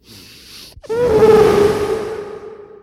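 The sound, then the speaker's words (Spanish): After a quick sharp inhale, a voice imitates an elephant turning and stretching its trunk toward the speaker as it trumpets: one long, loud, brassy blare that holds a fairly steady pitch for nearly two seconds before slowly tapering off. “Y mi hijo aplaudía los actos y el elefante volteaba y me hacía.”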